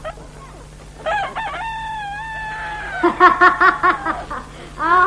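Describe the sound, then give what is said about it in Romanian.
A turkey call starts with a few short harmonic notes and a drawn-out, slightly wavering tone, then breaks into a loud, rapid, rattling burst of gobbling pulses. “Ce caragios, ești curcane!”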